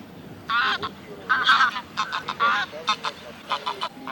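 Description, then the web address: Greylag goose: many short nasal honks and cackles in irregular bursts. A flock of wild greylag geese in noisy clamour. "Гусь серый базар Oche Selvatiche"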